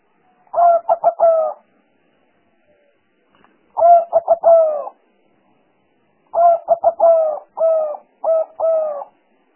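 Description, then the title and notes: Spotted dove cooing: two phrases, each a quick run of short coos ending in a longer drawn-out note, separated by silent pauses, then a longer run of several coos. Compilation of spotted dove sounds presented as a highly effective lure for trapping the birds. "Pikat Burung Tekukur Paling Ampuh. Kumpulan suara burung tekukur paling ampuh"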